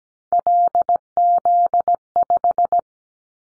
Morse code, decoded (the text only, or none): LZ5